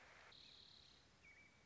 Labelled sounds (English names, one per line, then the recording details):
American Robin
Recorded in Sonoma County, California